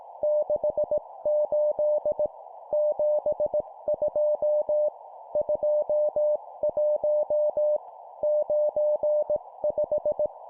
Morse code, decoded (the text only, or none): 68 72 21 95